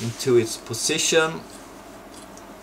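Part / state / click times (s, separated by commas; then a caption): metal contact tab into plastic 18650 cell holder / seated / 2.4 s. Someone talks while a metal contact tab, with a glass fuse lead pushed through its enlarged hole, is slid back into its slot in a plastic 18650 cell holder. After the talk, a short, faint click at 2.4 s marks the tab seating into position.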